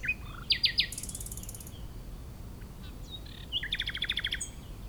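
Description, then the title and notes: Common nightingale song: quick loud whistled notes, a high dry rattle, then a rapid repeated trill, with gusty low wind throughout. Chindrieux, France; nightingale season in full swing; sunny day; fairly strong west wind; singer hidden in scrub; Zoom H4n Pro on the ground tens of metres from singer, in a small valley away from motorbike traffic. "Chindrieux, France - Rossignol. La saison des rossignols bat son plein"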